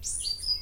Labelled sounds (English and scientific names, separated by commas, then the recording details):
Stitchbird (Notiomystis cincta) song
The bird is a male
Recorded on Tiritiri Matangi Island, New Zealand, in 2005
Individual 11, of nest box 13